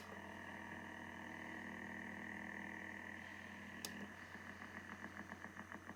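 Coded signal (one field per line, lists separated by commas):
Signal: radar signal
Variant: Russian Woodpecker OTH radar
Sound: steady buzzy hum, then a click and rapid repetitive tapping pulses, about eight per second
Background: radio static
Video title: New Russian Woodpecker silenced by the Yaesu FTDX101-MP receiver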